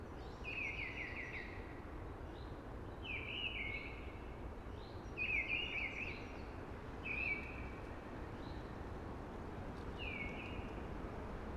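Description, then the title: Eurasian blackbird repeating short descending warbled phrases every few seconds, five in all, with faint higher notes and a steady hush of background noise. Sung early, among conifers with a hushing sound. "Early Blackbird Sings Amongst Hushing Conifers"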